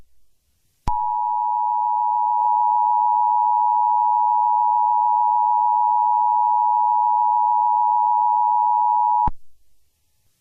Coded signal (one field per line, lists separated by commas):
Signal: Emergency Alert System (SAME) tones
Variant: 853 and 960 Hz attention tone